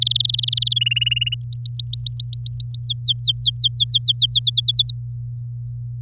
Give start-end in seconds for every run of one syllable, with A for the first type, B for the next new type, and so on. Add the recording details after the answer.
0.00-0.73 A, 0.76-1.34 B, 1.41-2.82 C, 2.83-4.39 D, 4.42-4.91 E. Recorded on 4 May 2018 at 06:08. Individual llb16